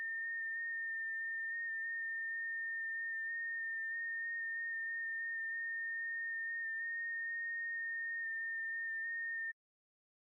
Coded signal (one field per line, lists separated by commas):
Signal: FT8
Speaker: Let's see if we can uh try to get Kilo 3 November Oscar Quebec. Also in Texas.